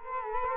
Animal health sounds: mosquito wingbeat signal from an infrared sensor; Culex quinquefasciatus

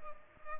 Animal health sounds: mosquito wingbeat signal from an infrared sensor; Culex pipiens

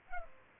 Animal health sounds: mosquito wingbeat signal from an infrared sensor; Culex pipiens

